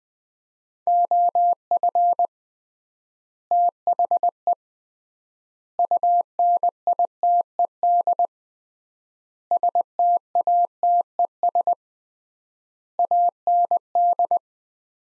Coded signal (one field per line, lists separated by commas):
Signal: Morse code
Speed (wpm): 21 wpm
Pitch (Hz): 700 Hz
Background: none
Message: OF THE UNITED STATES AND